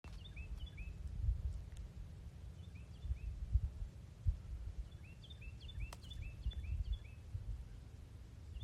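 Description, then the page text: Carolina wren singing quietly: rapid runs of repeated clear, down-slurred notes in short bursts, over a steady low rumbling noise. Maryland. "Maryland Biodiversity. Carolina Wren ( Thryothorus ludovicianus )"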